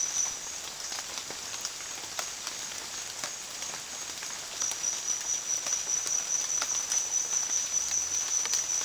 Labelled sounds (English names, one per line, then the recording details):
none
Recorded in dense forest near Puerto Asís, Putumayo, Colombia, on 19 June 2025 at 09:00
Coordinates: 0.466, -76.327
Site GP04